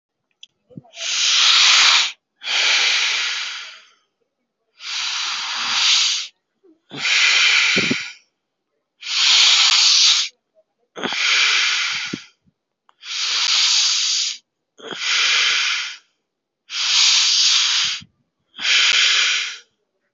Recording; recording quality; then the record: deep breathing; excellent, no background noise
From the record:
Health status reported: COVID-19 positive, no symptoms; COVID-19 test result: positive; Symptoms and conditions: cough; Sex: male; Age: 30 years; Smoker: not ticked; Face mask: not worn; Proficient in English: yes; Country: India